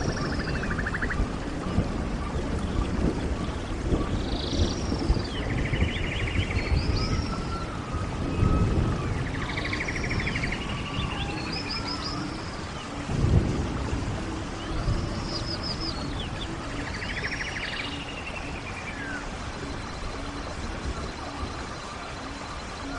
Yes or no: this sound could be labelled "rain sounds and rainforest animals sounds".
yes